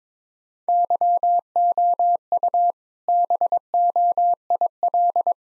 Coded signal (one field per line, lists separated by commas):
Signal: Morse code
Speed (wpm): 22 wpm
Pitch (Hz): 700 Hz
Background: none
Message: YOU BOIL